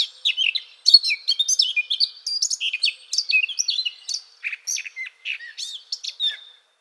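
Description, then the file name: Eurasian blackcap singing a fast, varied warble of high, sweet notes for about six seconds. "Sylvia atricapilla"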